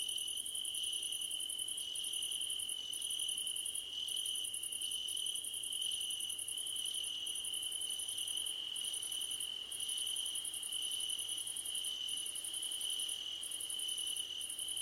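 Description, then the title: Cricket: a long stretch of cricket chorus with one continuous high trill and a pulsed trill repeating in bursts. Softer intermittent notes sound throughout. Crickets calling at night under a starlit sky. "Nighttime Ambience with Crickets"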